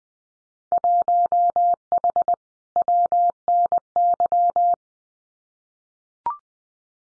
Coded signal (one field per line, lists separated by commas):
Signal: Morse code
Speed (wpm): 20 wpm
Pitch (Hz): 700 Hz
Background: none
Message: 1H WNY